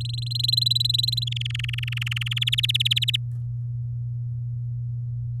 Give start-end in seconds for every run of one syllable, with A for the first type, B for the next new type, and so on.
0.01-1.24 A, 1.27-2.39 B, 2.41-3.16 C